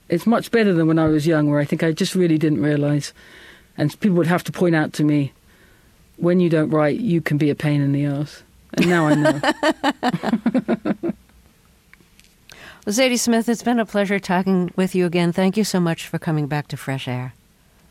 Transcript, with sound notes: It's much better than when I was young, where I think I just really didn't realize, and people would have to point out to me, when you don't write, you can be a pain in the arse. And now I know.
(LAUGHTER)
Well, Zadie Smith, it's been a pleasure talking with you again. Thank you so much for coming back to FRESH AIR.